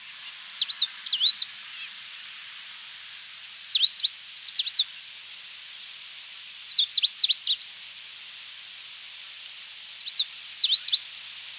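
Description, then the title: Coal-crested finch with bursts of sharp, high, sweeping chirps, paired clusters repeated roughly every three seconds against constant background hiss. "LuckyPassaro Completos2Sama. Coal-crested Finch (Charitospiza eucosma)"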